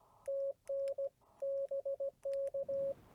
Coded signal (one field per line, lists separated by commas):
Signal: Morse code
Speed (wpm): 16 wpm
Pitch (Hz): 550 Hz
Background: none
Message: TN BK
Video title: CW Copy Practice and a meet up with KM4ZKB